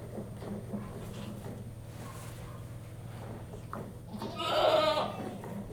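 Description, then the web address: Goat bleating once near the end, a wavering cry after several seconds of quiet rustling over a low steady hum. One goat being hand-milked; livestock. "BBC Sound Effects Library. One Goat Hand-Milked"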